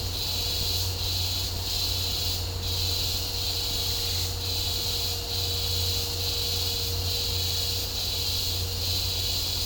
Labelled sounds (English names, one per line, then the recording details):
none
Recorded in dense forest near Puerto Asís, Putumayo, Colombia, on 22 December 2024 at 12:00
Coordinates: 0.503, -76.323
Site G043